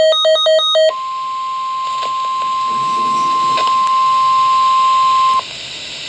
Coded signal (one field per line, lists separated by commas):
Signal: Emergency Alert System (SAME) tones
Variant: 1050 Hz attention tone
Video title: NOAA - Severe Thunderstorm Warning (EAS #641)